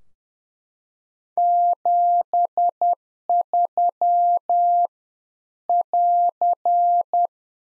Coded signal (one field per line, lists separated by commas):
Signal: Morse code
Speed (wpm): 10 wpm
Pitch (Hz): 700 Hz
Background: none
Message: 73 <AR>